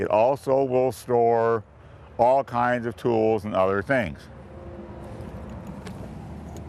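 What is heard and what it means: Someone talks about storing tools while handling the lid of a tool storage compartment in a travel trailer, then a steady low hum continues with a faint sharp tick near 5.9 s. The lid is being handled and has not locked down; nothing has seated or clicked yet.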